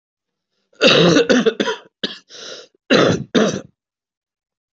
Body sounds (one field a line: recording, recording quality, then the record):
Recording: shallow voluntary cough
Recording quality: excellent, no background noise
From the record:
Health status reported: COVID-19 positive, mild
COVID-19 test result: positive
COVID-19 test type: RT-PCR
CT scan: not taken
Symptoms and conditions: cough, cold, fever, fatigue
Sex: male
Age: 47 years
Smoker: no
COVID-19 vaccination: both doses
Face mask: worn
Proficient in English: yes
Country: India